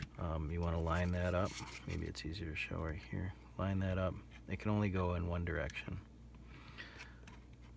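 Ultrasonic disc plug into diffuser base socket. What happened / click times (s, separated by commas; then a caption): The plug is lined up by hand with no seating click / none. Someone talks while lining up the gap and prongs of an ultrasonic disc's plug with the base socket of a Young Living Desert Mist diffuser, so it can go in only one way. Speech fills most of the clip, followed by quiet handling with faint ticks around 6.4, 7.3 and 7.5 seconds. Nothing has seated or clicked yet.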